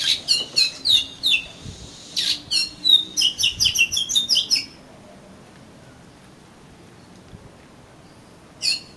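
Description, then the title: Oriental magpie-robin song: rapid, scratchy run of high chirps and whistles for about four seconds, then silence before one last note. "Kacer Kacer"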